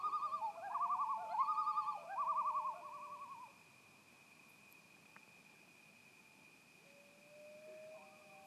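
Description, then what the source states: Loon giving wavering, yodel-like tremolo phrases over the first three and a half seconds, followed by a quieter drawn-out wail near the end. Recorded at Sunset Lodge on 10 September 2018.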